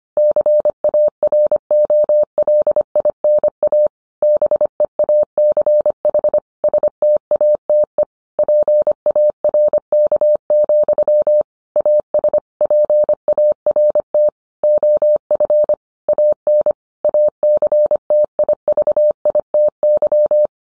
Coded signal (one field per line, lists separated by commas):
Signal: Morse code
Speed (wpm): 25 wpm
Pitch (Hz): 600 Hz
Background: none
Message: CAROLINA BEACH STATE PARK, AS PART OF AN ACTIVITY